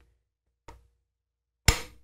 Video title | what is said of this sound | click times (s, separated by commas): Cube Controls QRX QR Review | yeah so actually i kind of like the way that's working better it has a nice snap to it but now | 1.7 s